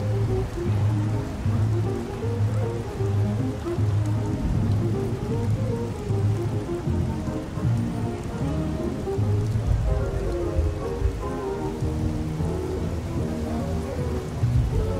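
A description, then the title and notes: Old-time music plays muffled from another room, a steady bass beat and mellow tones under a constant wash of outside traffic noise. A Perfect Parisian Night (Music Playing With Traffic Noises). Oldies In Another Room While Traffic Noises Play Out The Open Window.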